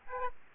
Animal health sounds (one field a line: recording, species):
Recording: mosquito wingbeat signal from an infrared sensor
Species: Aedes aegypti